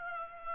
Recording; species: mosquito wingbeat signal from an infrared sensor; Culex pipiens